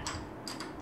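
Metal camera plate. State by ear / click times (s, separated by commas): not seated / none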